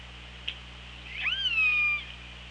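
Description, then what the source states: Killer whale call: one drawn-out tonal cry that sweeps sharply upward, then glides slowly down for under a second, with clear harmonics above steady hiss and low hum. Recorded on an OrcaLab hydrophone on 24 August 2017, around 15:35.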